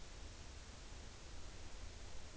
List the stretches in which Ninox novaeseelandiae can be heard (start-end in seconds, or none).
none